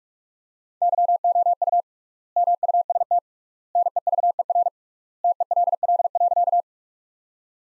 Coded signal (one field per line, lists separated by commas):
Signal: Morse code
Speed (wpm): 46 wpm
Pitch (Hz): 700 Hz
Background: none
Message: YOU MUST NEVER TELL.